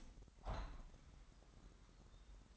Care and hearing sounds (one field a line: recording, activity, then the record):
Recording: daily activity, microphone in the room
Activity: open window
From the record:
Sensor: 3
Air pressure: 998.5 hPa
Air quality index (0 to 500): 143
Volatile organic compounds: 5 ppm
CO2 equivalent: 1723 ppm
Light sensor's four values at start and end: 9/22/9/10 and 9/22/9/10